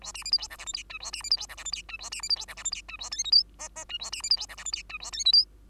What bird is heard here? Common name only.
Bengalese Finch